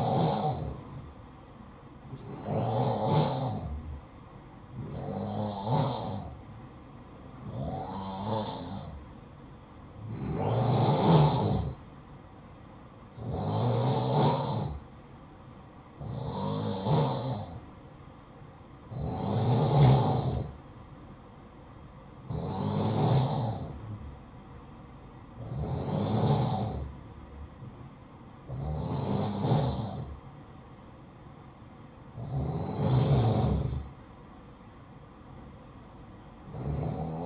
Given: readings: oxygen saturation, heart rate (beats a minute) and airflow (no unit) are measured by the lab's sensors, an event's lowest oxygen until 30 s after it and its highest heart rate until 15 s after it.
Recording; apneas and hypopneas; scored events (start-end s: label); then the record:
breathing in sleep by a smartphone at the bedside; none
none scored
From the record:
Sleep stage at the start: N2 (light sleep); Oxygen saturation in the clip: 91 to 93%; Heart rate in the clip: 54 to 64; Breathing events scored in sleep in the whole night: 573 in 9.8 hours asleep